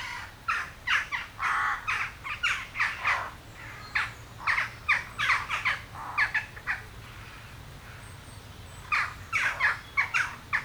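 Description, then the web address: Western jackdaws chattering in rapid runs of sharp 'chak' calls, a brief lull near eight seconds before another burst. "Effects 02-Birds, Insects Animals. Birds Crown Jackdaws"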